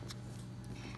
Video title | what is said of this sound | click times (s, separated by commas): Sharing some sequence organization | so again I need to hear that snap right to be secure | 0.6 s